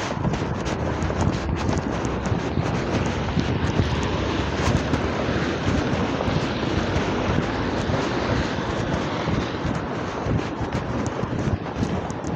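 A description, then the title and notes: A walk out on a grey, wet Saturday morning, filled by a steady, dense roar of wind buffeting the microphone. A low rumble sits underneath, with fine crackles and ticks scattered throughout. The level holds even for the whole twelve seconds, with no distinct events. Shorty's regular weekly shopping trip starts with a long walk out on a grey and wet Saturday morning.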